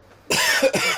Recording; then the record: coughing mixed with background sound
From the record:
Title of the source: Dry Afternoon Cough